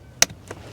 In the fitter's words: all right and then we can plug our motor in and we should hear a click here